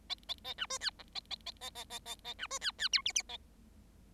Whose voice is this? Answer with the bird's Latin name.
Lonchura striata domestica